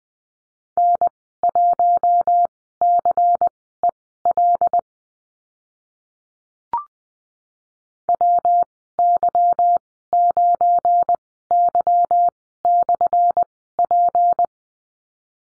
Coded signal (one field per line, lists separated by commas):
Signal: Morse code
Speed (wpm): 20 wpm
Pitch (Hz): 700 Hz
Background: none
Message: N1CEL WY9Y/P